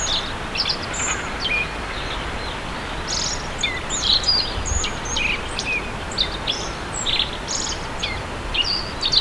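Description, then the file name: Masked bunting giving thin, high, short chip calls scattered throughout, over steady hissing background noise. "aoji"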